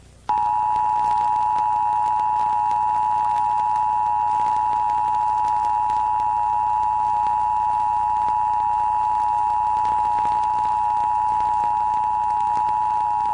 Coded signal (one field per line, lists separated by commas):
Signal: Emergency Alert System (SAME) tones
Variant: 853 and 960 Hz attention tone